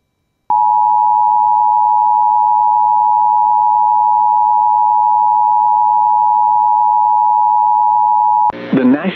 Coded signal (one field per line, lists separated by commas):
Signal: Emergency Alert System (SAME) tones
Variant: 853 and 960 Hz attention tone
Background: speech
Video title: TOR on WJON (EAS #136)